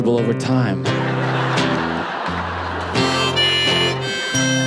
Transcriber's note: soundbite of laughter